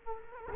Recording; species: mosquito wingbeat signal from an infrared sensor; Culex quinquefasciatus